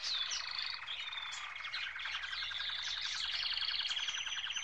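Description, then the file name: Birds chirping in a dense chorus, many overlapping high twitters, trills and whistled notes running steadily throughout with no pause. "Birds chirping and tweeting"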